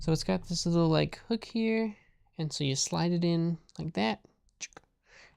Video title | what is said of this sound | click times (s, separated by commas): It's a Party Day! First YouTube Partner Stream!!! | and it locks in place | 4.6 s